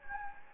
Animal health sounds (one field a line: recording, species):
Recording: mosquito wingbeat signal from an infrared sensor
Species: Anopheles gambiae